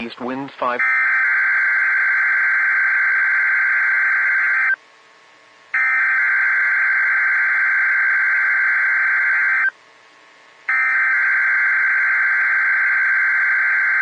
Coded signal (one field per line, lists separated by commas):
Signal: Emergency Alert System (SAME) tones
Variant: header bursts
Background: speech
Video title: 12/1/21 - KHB37 Required Weekly Test (EAS #295)